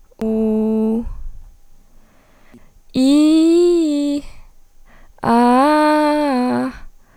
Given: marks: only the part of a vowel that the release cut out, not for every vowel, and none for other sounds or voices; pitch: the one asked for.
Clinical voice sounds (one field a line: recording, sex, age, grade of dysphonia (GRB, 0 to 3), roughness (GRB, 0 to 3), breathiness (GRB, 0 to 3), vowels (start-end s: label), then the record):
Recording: sustained vowels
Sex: female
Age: 20 to 29 years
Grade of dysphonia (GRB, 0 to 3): 0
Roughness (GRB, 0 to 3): 0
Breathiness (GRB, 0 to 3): 0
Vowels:
0.29-0.93 s: vowel /u/, low pitch
3.10-4.08 s: vowel /i/, low-high-low pitch
5.39-6.48 s: vowel /a/, low-high-low pitch
From the record:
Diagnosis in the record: healthy voice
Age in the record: 23 years